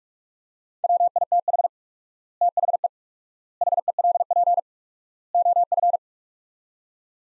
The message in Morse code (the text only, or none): WITH THE HELP OF